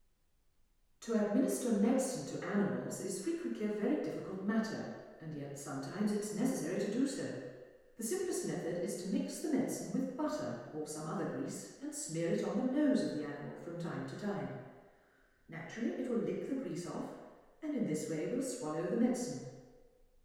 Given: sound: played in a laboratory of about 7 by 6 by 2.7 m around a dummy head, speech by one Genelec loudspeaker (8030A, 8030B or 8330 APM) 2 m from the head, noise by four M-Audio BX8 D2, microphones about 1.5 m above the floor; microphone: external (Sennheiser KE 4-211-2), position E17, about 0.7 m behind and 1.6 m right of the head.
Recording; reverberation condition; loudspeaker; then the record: female speech in English; high; 90 degrees to the left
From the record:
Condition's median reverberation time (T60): about 1300 ms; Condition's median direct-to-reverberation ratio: about -4.0 dB